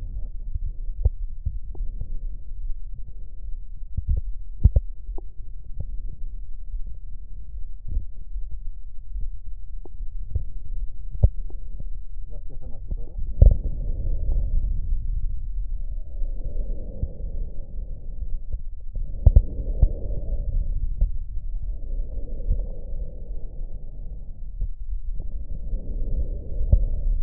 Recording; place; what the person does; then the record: lung sounds by stethoscope; right posterior apical chest; quiet breathing, then deep breathing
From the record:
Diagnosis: pulmonary infection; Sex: male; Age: 86 years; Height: 165 cm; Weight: 65 kg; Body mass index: 23.9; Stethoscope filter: extended mode